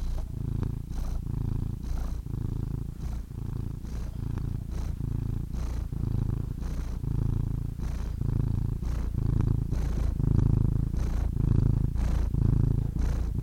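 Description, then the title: Domestic cat purr, deep and continuous, pulsing with each breath, gradually growing a little louder. Compilation of domestic cats, from kittens to old cats. "The Ultimate Compilation of Adorable Cat Meows #CatMeows #CuteKittens"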